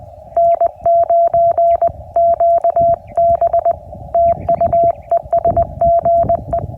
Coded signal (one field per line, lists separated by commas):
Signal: Morse code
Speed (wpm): 20 wpm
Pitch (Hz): 700 Hz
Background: none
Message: N9QB TU ES GE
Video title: CW POTA Activation US-11645